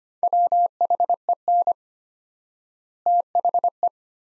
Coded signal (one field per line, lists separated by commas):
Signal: Morse code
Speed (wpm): 25 wpm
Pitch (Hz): 700 Hz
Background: none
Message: WHEN THE